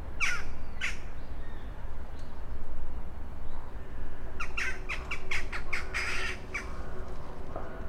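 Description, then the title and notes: Rook calls: short harsh squawks, two early, then a rapid cluster of clipped calls near the end, over a steady low rumble. Rooks over the Oder at Psie Pole, Wrocław (GPS 51.132998, 17.046448), near the city canal opposite the old grain elevator, 17:30; Sony PCM-D50 recorder, Rode NT4 microphone, FEL BMA preamplifier. "Gawrony nad Odrą Lokalizacja: Psie Pole Czas: , 17.30. Nagrane w Poblizu Kanału Miejskiego - na przeciw starego elewatora zbożowego. Gawrony, odległy sygnał pociągu , przejeżdżające rowery. Autor nagrania: Bartosz Grzyb"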